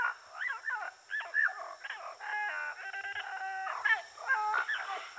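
Parrots calling, a busy mix of harsh squawks and harmonic whistled notes, some held steady, rising and falling without a regular rhythm.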